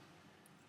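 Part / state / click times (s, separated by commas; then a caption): 3D printed plastic clasp end into its mating clasp end on a chain / not seated / none. The end of a 3D printed plastic chain clasp is slid into its mating clasp end and pushed, but because the measurements aren't quite right it does not click into place. Over a steady low background hiss there is only a faint, brief high-pitched tick at about 0.5 seconds, and no click is heard. The clasp has not clicked home.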